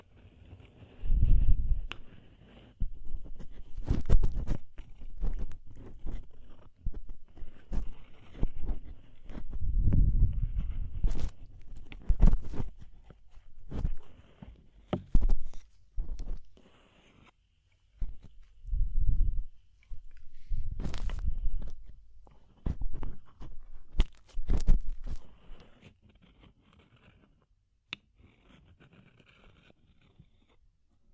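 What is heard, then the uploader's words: Deep ear cleaning sounds: irregular bursts of low thumping and crackly scratching in clusters, with brief pauses, fading into quiet after about 25 seconds. ASMR DEEP Ear Penetrating Cleaning (No Talking).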